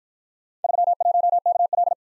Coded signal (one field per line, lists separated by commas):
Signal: Morse code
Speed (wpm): 51 wpm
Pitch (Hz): 700 Hz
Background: none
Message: 31KL